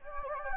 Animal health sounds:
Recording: mosquito wingbeat signal from an infrared sensor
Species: Anopheles gambiae

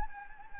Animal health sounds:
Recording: mosquito wingbeat signal from an infrared sensor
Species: Anopheles gambiae

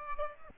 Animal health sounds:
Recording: mosquito wingbeat signal from an infrared sensor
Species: Aedes aegypti

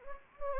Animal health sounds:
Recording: mosquito wingbeat signal from an infrared sensor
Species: Anopheles gambiae

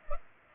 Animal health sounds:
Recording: mosquito wingbeat signal from an infrared sensor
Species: Culex pipiens

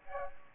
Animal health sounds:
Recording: mosquito wingbeat signal from an infrared sensor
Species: Aedes aegypti

